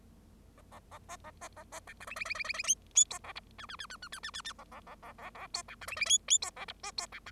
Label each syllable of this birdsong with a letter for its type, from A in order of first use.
A A A B A B A B C D E E E E E E F F G A H I I I I I I I I I A A A A A A G C D E E F F G A H B G C D